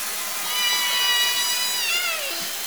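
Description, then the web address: Killer whale call, a drawn-out tonal sound with many stacked harmonics, steady at first then sweeping sharply downward near the end, over a hissing background. Southern resident killer whales, call type S3. "Orca Calls Alwin"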